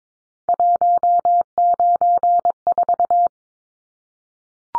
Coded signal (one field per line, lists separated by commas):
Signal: Morse code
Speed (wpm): 22 wpm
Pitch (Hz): 700 Hz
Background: none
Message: 194